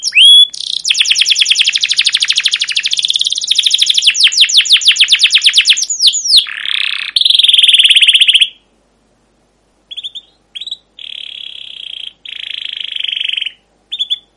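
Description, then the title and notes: Canary song: a long fast rattling trill of sweeping notes, followed by several separate buzzy rolled phrases with short pauses between them. Long emotive chirping 'ngerol' canary song with 'cuit cuit' notes, used as a lure and master recording for young canaries learning to sing. "CUIT CUIT NGEROL LANGSUNG GACOR PANJANG Kenari Ini Utk Pancingan KENAR. PANCINGAN Kenari GACOR PANJANG Cuit CUIT EMOSI ini utk MASTERAN Kenari PAUD belajar BUNYI. burung kenari"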